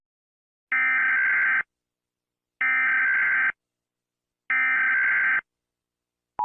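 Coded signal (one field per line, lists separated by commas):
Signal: Emergency Alert System (SAME) tones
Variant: header bursts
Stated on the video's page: Fictional EAS alarm made with apps, not a real alert.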